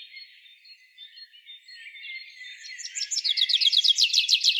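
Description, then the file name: Common chaffinch singing: soft twittering notes build into a loud, rapid series of high, descending chirps. "Fringilla coelebs"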